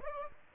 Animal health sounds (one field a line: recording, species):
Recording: mosquito wingbeat signal from an infrared sensor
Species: Aedes aegypti